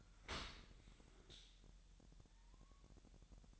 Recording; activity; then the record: daily activity, microphone in the room; open dishwasher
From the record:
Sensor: 3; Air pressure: 1000.5 hPa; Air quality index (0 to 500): 248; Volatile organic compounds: 173 ppm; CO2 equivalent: 4117 ppm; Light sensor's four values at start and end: 11/25/10/10 and 11/25/10/10